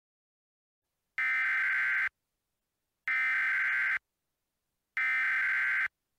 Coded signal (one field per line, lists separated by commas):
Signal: Emergency Alert System (SAME) tones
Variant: header bursts